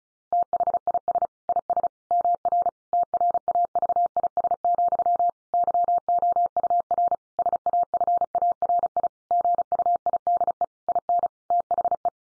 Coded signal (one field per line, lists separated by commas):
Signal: Morse code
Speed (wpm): 34 wpm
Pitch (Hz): 700 Hz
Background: none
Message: THIS IS MR TRAVIS, YOUR SAFARI GUIDE IN THE